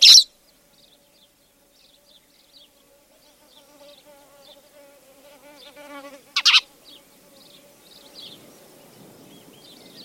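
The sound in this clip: Spanish sparrow gives a loud harsh chirp at the start and another doubled chirp later, with scattered soft twitters and a brief buzzing sound between.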